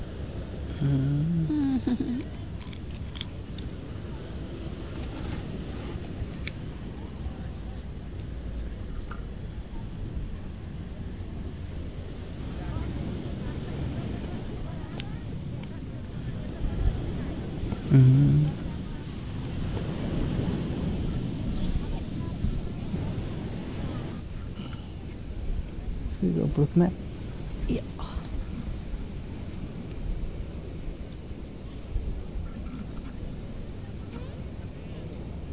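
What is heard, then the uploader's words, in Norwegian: A recording from the beach in Barcelona, with a steady low rumble of wind and surf filling the whole stretch. Voices come through now and then, clearest near the start, around eighteen seconds and again near twenty-six seconds, with faint traffic underneath. Opptak fra stranda i Barcelona.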